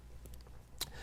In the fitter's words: uh right onto these Restorations and uh you can kind of hear it click into place as it goes in there